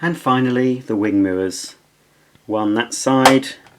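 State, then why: Not seated. Someone talks while a plastic wing mirror is handled against one side of a Playmobil 5267 Summer Fun Hotel Bus toy, ready to be pressed on. Only speech and faint handling sounds are heard. Nothing has seated or clicked yet.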